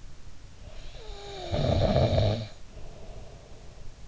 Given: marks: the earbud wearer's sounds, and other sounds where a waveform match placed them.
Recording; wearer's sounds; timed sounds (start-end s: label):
sounds in sleep by an in-ear microphone; snoring breath
0.60-3.95 s: snoring breath